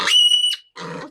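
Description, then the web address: Piglet with a piercing, level squeal about half a second long, then a coarse, noisy grunt. "maialino"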